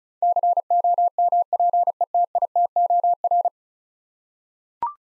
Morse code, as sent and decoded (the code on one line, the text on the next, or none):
-.-. --- -- .--. . - .. - --- .-.
COMPETITOR